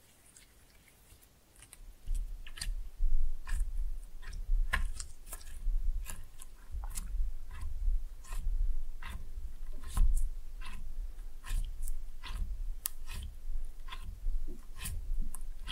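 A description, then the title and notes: Slime being pressed and mixed, with no talking. After a near-silent first two seconds, a steady stream of sticky, wet clicks and pops begins and continues irregularly, several per second, over a soft low rumble from the handling. Slime No Talking (Pressing and Mixing).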